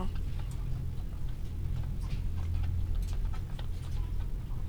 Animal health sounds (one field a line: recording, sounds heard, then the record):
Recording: poultry house recording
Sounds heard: sick chickens (respiratory disease)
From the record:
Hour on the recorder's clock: 15